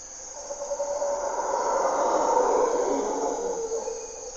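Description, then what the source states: Mantled howler monkey giving a sustained, rasping roar that rises and falls in waves, accompanied by a steady high insect drone. Mantled howler monkeys (Monos Congos) waking the jungle at morning twilight, Parque Nacional Corcovado, Osa Peninsula, Costa Rica; distinctive grunts and calls, males audible from several kilometers away.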